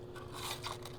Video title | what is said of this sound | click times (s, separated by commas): CN3D Toolhead V4 Assembly | where I just have a cover that goes over this piece in the back that actually just snaps | 0.9 s